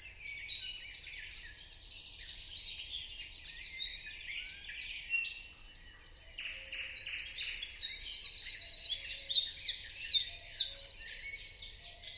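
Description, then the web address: Birds twittering in a steady high chorus that grows louder after seven seconds, with rapid repeated trill phrases. "Deverinetal 2025. Bird Only"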